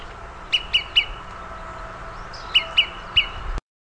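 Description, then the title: Olive-sided flycatcher calling in two quick triplets of sharp, bright pips about two seconds apart, with a faint steady hum underneath. "LuckyPassaro Completos2Sama. Olive-sided Flycatcher (Contopus cooperi)"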